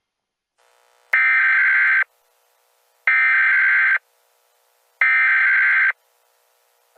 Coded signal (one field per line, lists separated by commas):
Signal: Emergency Alert System (SAME) tones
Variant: header bursts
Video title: Emergency alert system from Tornado Warning